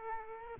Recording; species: mosquito wingbeat signal from an infrared sensor; Aedes aegypti